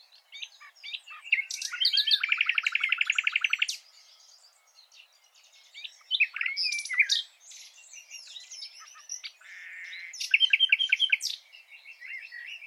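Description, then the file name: Common nightingale song in several phrases: a fast rattling trill, pauses, then varied whistled and chattering notes with another short trill. "Luscinia megarhynchos"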